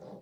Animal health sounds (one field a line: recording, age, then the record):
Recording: pig call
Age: piglet (1 to 25 days)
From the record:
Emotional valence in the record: negative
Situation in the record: long isolation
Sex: male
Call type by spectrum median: low-frequency call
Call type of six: low-frequency stable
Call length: 0.22 s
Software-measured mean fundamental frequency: 61 Hz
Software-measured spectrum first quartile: 228 Hz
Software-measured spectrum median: 437 Hz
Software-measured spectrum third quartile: 615 Hz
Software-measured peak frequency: 514 Hz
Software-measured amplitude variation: 108 dB a second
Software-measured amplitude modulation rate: 20.6 a second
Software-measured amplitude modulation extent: 5.2 dB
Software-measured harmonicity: 1.3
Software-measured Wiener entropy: 0.22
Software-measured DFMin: 1153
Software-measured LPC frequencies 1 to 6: 532, 3904, 4920, 5783, 7744, 8903 Hz